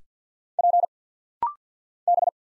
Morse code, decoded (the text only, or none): P B